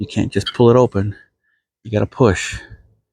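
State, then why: Not seated. The folding crank handle on the center column gear of a Manfrotto Bogen 3046/3246 tripod is being handled, to be pushed rather than pulled open until it locks. Someone talks throughout, with a pause in the middle. Nothing has seated or clicked yet.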